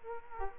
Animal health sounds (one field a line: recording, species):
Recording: mosquito wingbeat signal from an infrared sensor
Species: Culex quinquefasciatus